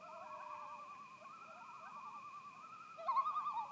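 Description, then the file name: Loon tremolo, a long quavering trill that grows louder near the end, over a faint steady high hum. Recorded 10 September 2018. "Loons Sunset Lodge"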